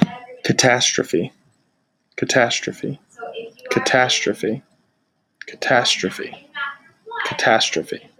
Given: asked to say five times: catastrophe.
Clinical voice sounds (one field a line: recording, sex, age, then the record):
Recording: repeated word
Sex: male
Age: 20 to 29 years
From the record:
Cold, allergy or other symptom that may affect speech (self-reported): no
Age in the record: 27 years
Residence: Connecticut, United States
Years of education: 18